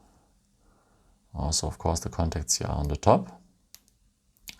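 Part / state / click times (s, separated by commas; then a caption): nano SIM card into phone SIM tray / seated / 3.7 s, 4.5 s. A second nano SIM card is pressed, contacts on top, into the other side of the SIM tray of a Xiaomi 11T phone while someone talks. Small sharp clicks sound at 3.7 s and 4.5 s as the card seats in the tray.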